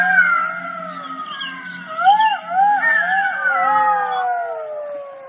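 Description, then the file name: Golden jackals howling together, several long overlapping wails that wobble and slowly slide downward, with a low steady hum underneath. "Stimme Goldschakal"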